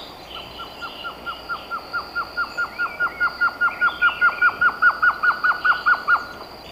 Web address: Natures Songs S America Eastern Lowlands Trogon curucui, song